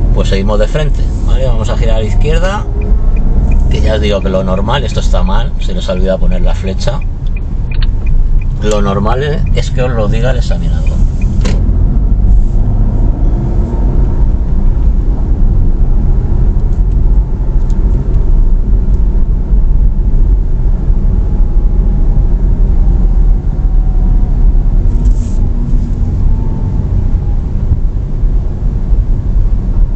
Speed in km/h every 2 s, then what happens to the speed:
15, 19, 16, 14, 18, 26, 32, 34, 36, 34, 32, 29, 21, 18, 19.
0-7 steady at about 15. 7-15 speeds up to 36. 19-25 slows to 18.